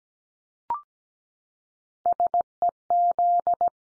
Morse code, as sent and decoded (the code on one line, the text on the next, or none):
... . --..
SEZ